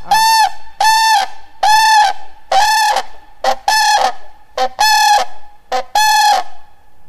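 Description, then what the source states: Common crane giving a loud, trumpeting series of harsh honking calls, about seven strong notes with short gaps over seven seconds, interspersed with a few clipped notes. Tame captive crane at an animal rehabilitation centre in a forest district, Konin County; taken from private keepers, used to visitors; classic greeting call.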